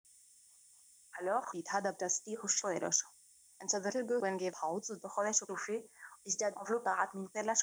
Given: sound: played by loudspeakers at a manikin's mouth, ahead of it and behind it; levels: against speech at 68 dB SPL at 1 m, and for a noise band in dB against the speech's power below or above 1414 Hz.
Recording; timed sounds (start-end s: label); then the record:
test signals for a remote microphone
1.10-7.63 s: speech test signal (ISTS)
From the record:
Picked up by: remote microphone C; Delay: 23 ms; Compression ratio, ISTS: 1.61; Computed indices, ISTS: SII 0.995, HASPI 0.979, HASQI 0.323 (non-linear 0.389, linear 0.829), ESTOI 0.816